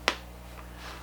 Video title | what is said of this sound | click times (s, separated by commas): Eberlestock Recon Bino Harness - Adding a VERTICAL holster | that was a light click and then we do we're going to squish that and get this other | 0.1 s